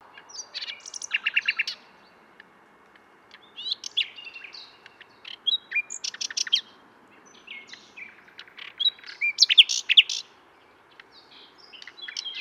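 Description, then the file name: Common nightingale song: bursts of rapid chattering notes and a fast trill, separated by short pauses, with high whistled and buzzy phrases later. "Luscinia megarhynchos"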